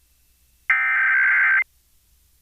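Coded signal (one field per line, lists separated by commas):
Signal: Emergency Alert System (SAME) tones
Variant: header bursts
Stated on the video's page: National test received from FM broadcast stations in the Springfield and Hartford area, recorded via baseband file.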